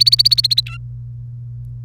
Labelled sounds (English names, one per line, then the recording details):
Domestic Canary song
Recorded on 1 May 2018 at 18:11
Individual llb3